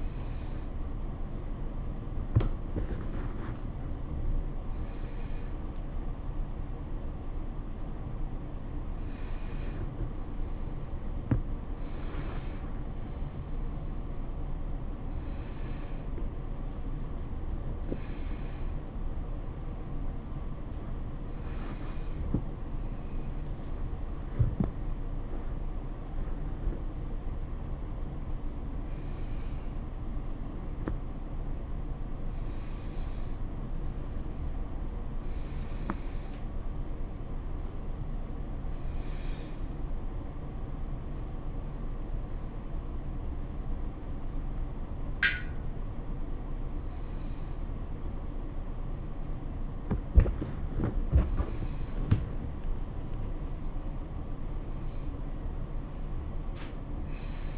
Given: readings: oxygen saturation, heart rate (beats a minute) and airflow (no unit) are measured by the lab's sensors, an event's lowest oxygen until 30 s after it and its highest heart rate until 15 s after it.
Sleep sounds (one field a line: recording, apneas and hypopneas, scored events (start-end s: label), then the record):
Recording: a person awake in a sleep study, by a smartphone at the bedside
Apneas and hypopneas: none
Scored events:
0.00-57.58 s: awake
From the record:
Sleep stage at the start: awake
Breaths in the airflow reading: 18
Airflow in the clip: -1.4 to 1.1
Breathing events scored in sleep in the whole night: 403 in 5.5 hours asleep